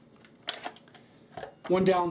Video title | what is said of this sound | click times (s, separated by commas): AGM MP008 Airsoft AEG M14 Review | I have to think about it I have to lock it into place | 0.5 s